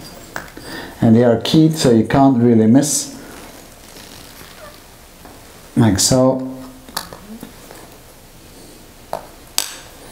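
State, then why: Seated. The keyed plastic wiring connector on the lambda sensor lead of a Brixton 125 cc motorcycle is pushed back into its mating harness connector while someone talks. After a few small handling ticks, a sharp click at 9.6 s marks the connector locking home, fully seated.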